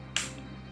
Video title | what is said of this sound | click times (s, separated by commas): How to install M.2 SSD in Laptop - Acer Aspire (A515-51G) Series | you hear the click sound your ssd is installed now the only issue is | 0.2 s